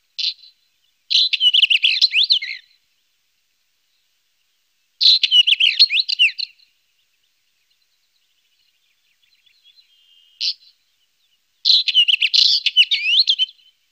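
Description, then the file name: Northern wheatear singing: three phrases of fast, scratchy warbling separated by silence, with short sharp notes and a thin whistle between them. "tapuit northern wheatear"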